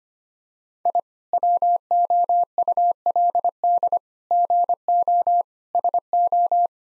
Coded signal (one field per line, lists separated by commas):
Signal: Morse code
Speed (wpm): 25 wpm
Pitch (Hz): 700 Hz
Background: none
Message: I WOULD GO SO